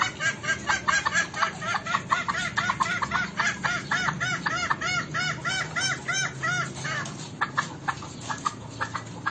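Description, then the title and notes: Green junglefowl clucking: a rapid run of short, arched, harmonic notes repeated several times a second, fading toward the end over a low background hum. Lure recording (masteran) for trapping green junglefowl, meant to make birds that have stopped calling answer back. "Kokok Ayam Hutan. MASTERAN AYAM HUTAN HIJAU YANG MACET BUNYI WAJIB NYAUT. Pemikat Ayam Hutan"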